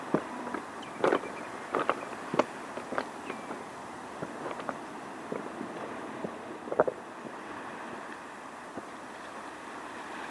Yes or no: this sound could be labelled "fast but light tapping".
no